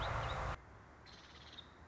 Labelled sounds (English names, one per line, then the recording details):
Nuttall's Woodpecker
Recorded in Sonoma County, California